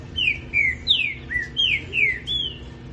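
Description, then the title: Green-winged saltator song: a run of loud, clear whistled notes, mostly sliding downward, over low background noise. Labelled Voz 09; title compares two trinca-ferros, Rex and Supremo. "Canto De Trinca Ferro Voz 09. Trinca ferro Rex v.s trinca ferro supremo"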